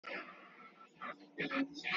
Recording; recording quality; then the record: sustained vowel as in made; poor, much background noise or distortion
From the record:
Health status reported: COVID-19 positive, mild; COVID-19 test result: positive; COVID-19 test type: RT-PCR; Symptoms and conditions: fever, loss of smell and taste, diabetes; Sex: male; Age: 28 years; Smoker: yes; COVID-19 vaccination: both doses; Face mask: worn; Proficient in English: yes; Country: India